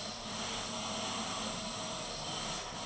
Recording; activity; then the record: daily activity, microphone in the room; vacuum cleaning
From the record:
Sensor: 4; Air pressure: 1000.1 hPa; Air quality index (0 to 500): 232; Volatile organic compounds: 32 ppm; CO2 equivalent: 2992 ppm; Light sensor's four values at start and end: 9/21/8/8 and 9/21/8/8